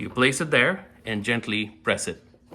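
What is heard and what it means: An 80V lithium-ion battery pack is placed into the battery bay of a Greenworks 22-inch snow thrower and gently pressed down while someone talks. A faint short sound comes at about 2.5 s, but the pack has not seated or clicked yet.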